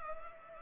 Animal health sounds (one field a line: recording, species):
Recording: mosquito wingbeat signal from an infrared sensor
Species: Culex pipiens